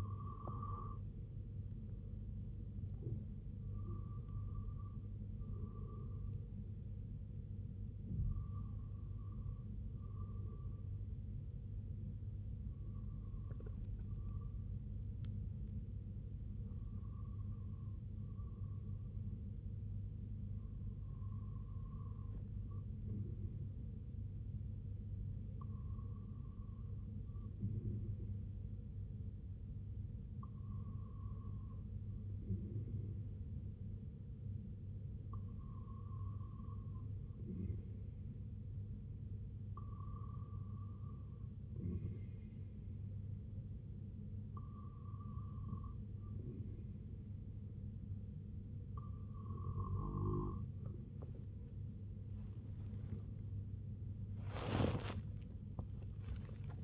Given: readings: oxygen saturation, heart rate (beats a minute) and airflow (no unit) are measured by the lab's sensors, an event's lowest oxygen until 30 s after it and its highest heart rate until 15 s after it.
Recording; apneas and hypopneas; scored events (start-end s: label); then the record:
breathing in sleep by a smartphone at the bedside; 1
10.00-50.40 s: hypopnea (REM, oxygen 97% highest, then 96% lowest, heart rate 62 at the start, 83 highest)
From the record:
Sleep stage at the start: REM sleep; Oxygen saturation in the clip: 94 to 97%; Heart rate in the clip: 56 to 80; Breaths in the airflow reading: 8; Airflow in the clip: -5.9 to 8.8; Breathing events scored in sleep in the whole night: 258 in 7.4 hours asleep